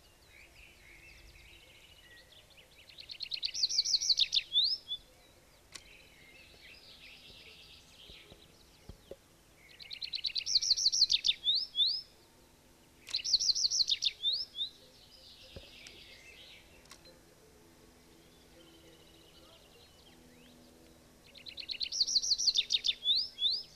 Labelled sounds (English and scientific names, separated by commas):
Tree Pipit (Anthus trivialis) song